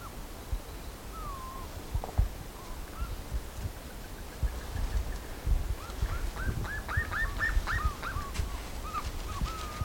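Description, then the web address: Bird calls: a few whistled slurred notes, then a quickening run of short whistles in the second half, over steady background hiss. "BIRD 2015 SABIOD 50 bird 2015"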